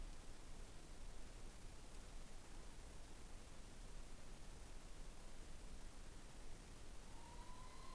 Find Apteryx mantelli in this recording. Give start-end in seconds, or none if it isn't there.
none